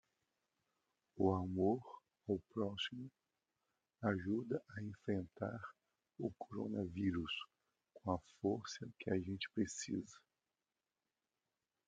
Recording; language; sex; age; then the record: spoken sentence; Brazilian Portuguese; male; 50 to 59 years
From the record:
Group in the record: control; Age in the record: 55 years